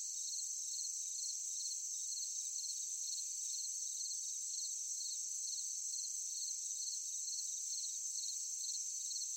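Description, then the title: Cricket chirps in quick regular pulses, layered over a constant shrill insect drone throughout. Forest at night, with other insects calling. "Sound of forest at night, crickets, cicadas, insects"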